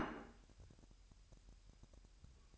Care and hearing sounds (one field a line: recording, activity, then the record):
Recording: daily activity, microphone in the room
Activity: place plate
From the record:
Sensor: 2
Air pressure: 1001.9 hPa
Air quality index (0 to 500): 248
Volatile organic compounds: 39 ppm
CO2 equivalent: 3136 ppm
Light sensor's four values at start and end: 8/28/11/10 and 8/28/11/10